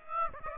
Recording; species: mosquito wingbeat signal from an infrared sensor; Aedes aegypti